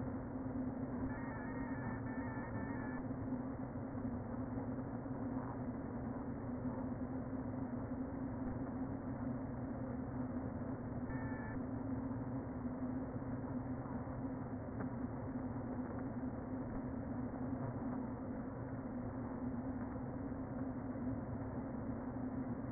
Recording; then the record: honeybee colony, microphone inside the hive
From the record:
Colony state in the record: queen present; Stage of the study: before two queens were removed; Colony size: about 60,000 bees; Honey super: yes